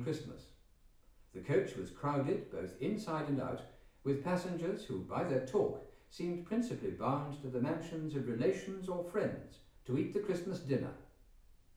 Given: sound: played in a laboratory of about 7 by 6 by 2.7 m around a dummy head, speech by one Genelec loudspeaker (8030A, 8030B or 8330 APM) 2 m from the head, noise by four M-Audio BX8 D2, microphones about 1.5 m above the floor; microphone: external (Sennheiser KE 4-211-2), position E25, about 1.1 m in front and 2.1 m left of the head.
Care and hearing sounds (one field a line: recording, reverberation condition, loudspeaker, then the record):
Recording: male speech in English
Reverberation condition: medium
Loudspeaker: behind (180 degrees)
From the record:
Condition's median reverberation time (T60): about 510 ms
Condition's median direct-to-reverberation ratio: about -0.5 dB